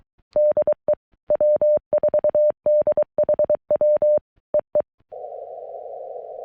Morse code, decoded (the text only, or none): DE W4DHW EE